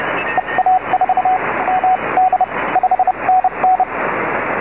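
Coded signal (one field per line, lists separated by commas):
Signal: Morse code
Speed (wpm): 30 wpm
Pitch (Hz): 740 Hz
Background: radio noise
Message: EA4MD 5NN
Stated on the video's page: CW on 15 meters.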